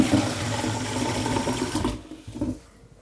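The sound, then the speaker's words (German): Tap water pours steadily into a pot for about two seconds while cooking, about a quarter liter added to a dish with vegetable broth, a broad hissing splash with a low resonant tone, then cuts off, leaving faint dripping and trickling. “Ja, da geben wir vielleicht noch ein Viertel Liter dazu. Da nehme ich jetzt aber vorerst nochmal Wasser.”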